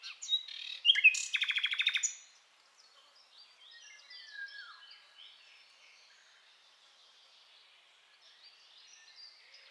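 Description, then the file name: Common nightingale song: sharp chirps, then a loud burst of rapid repeated notes early on, followed by quiet background bird chatter. "Luscinia megarhynchos"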